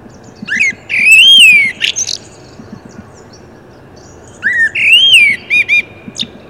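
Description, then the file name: Common blackbird singing two rich, rounded whistled phrases that rise and fall, each ending in sharp high squeaks, with a gap of about two seconds between them. "Turdus merula"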